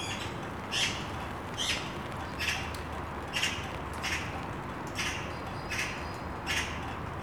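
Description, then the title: Magpie giving harsh, rasping squawks, repeated many times, over a constant hiss of falling rain. Possibly agitated or distressed magpie calling during pervasive drizzle, recorded 19 June 2019; the recordist guessed the rain was annoying it. "rain, agitated magpie, 190619"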